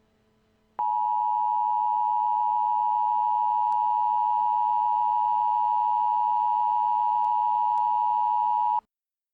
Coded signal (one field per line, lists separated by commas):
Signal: Emergency Alert System (SAME) tones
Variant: 853 and 960 Hz attention tone